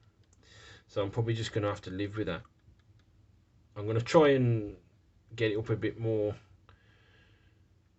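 Someone talks while pressing the edge of a plastic Tamiya 1/24 Castrol Tom's Toyota Supra scale-model body shell onto its interior chassis with tweezers. Nothing has seated or clicked yet: the shell fails to pop into place and leaves a small raised lip.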